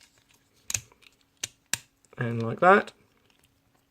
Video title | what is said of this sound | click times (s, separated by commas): Transformers Studio Series No.10 - Deluxe Class Jazz - Review | do click into place like that and like | 1.7 s